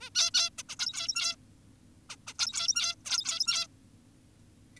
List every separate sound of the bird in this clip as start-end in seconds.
0.01-0.10, 0.15-0.31, 0.34-0.50, 0.58-0.63, 0.69-0.76, 0.80-1.36, 2.10-2.16, 2.27-2.34, 2.39-2.95, 3.06-3.67